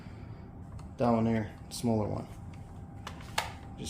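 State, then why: Seated. Someone talks while a small plastic accessory tool is pushed onto the wand or hose end of a Dyson Ball Animal 2 upright vacuum. Sharp clicks sound at 3.1 s and 3.4 s as the tool locks into place.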